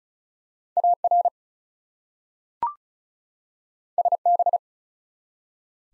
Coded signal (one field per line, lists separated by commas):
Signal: Morse code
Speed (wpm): 36 wpm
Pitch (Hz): 700 Hz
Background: none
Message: AR SB